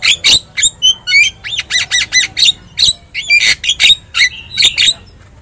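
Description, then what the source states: Javan myna song: harsh, buzzy chirps and squawks in a rapid series of many short notes. Song (kicau) used as a lure recording (pancingan) to prompt mute (bisu) Javan mynas to sing.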